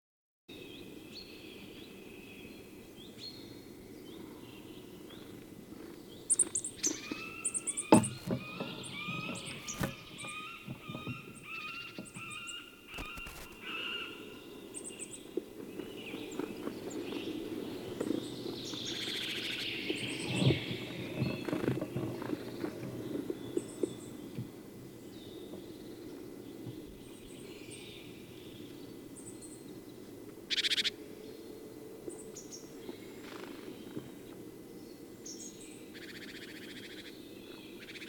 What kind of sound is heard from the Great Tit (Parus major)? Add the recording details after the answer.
call. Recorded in the wild. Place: Kuchelmiß, Mecklenburg-Vorpommern, DE. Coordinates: 53.672, 12.332. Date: 1981-03-28 08:05. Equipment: Nagra III BH, Sennheiser MD 21, parabola. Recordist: Schubert, Michael